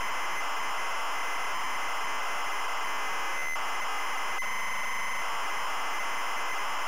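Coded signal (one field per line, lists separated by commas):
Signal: ZX Spectrum tape loading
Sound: continuous harsh, buzzing screech of tape data with a grating tonal edge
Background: tape hiss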